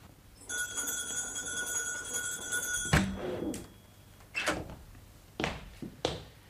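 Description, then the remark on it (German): A steady, high electric bell or buzzer rings for a couple of seconds, then a door opens with a loud clunk and several quieter knocks and a final thud follow as it closes. “Nein, bitte hier. Durch diese Tür.”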